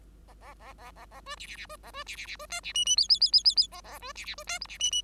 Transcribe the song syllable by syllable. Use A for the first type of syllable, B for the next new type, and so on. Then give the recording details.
A A A A A A B C C C B A B C C C B D C E E F F F F F F A A B C C B D G C E E. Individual Bird5